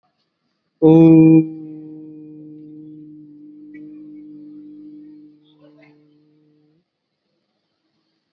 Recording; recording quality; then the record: sustained vowel as in boot; excellent, no background noise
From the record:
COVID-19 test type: RT-PCR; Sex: male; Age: 18 years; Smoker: no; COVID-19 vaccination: both doses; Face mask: worn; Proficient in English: yes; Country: India